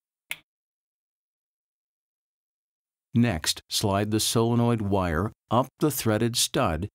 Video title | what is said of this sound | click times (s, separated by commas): Como Instalar Misturador de Lavatório Touch2O® ou Touch2O xt™ | plug the LED wire into the side of the solenoid assembly until you hear a click | 0.3 s